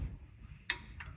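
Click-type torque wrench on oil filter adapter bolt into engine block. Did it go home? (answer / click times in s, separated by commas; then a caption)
yes / 0.7 s, 1.0 s. A foot-pound click-type torque wrench, set to 12 ft-lb because the spec is 135 in-lb and only a foot-pound wrench is on hand, tightens an oil filter adapter bolt into the engine block of a 1994 Chevy K1500. The adapter has a seal underneath, so the bolts need little torque. Over a low background rumble, the wrench breaks over with a sharp click at 0.7 s and a fainter second click at 1.0 s, confirming the bolts have reached the set torque.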